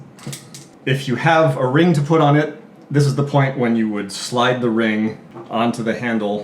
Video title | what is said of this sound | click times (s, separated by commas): Play Juggling PX3 club: complete teardown and handle replacement | squeeze them together till it clicks | 0.3 s, 0.6 s